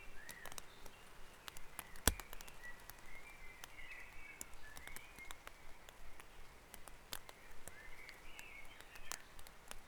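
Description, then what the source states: Birds singing at dawn, a string of whistled and warbling phrases running throughout, a loud knock near two seconds, steady hiss behind. Dawn chorus recorded on Back Dragon Avenue, Harrogate, as part of the Sound Map of Harrogate.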